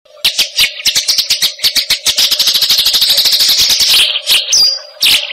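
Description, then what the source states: Eurasian tree sparrow chatter: chirps speed up into a long, fast, even rattle-like series, then slow to a few loud single notes over a constant hum. Masteran recording, used as a training song for fighting sparrows (gereja tarung).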